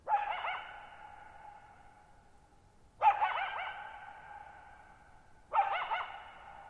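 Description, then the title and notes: Coyote calling with three wavering bark-yips spaced a few seconds apart, each followed by a long lingering echo. Lone wild coyote at night, July 14, 2019, Thirtymile Meadows, Okanogan National Forest, Okanogan High Country, Pacific Northwest; shallow-bowl meadow at 6400 ft on dry high plateau, very quiet, long natural reverberation. "Lone Coyote at Thirtymile Meadows. I spent the night of July 14, 2019, camped near Thirtymile Meadows in the Okanogan National Forest at 6400 ft (1950 m)"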